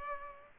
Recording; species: mosquito wingbeat signal from an infrared sensor; Aedes aegypti